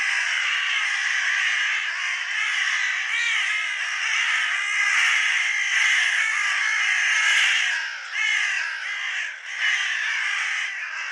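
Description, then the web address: Bird calls, a continuous mass of hoarse cawing notes, loosening toward the end into a few separate harsh bursts. "cianscape birddata Deverinetal 2025"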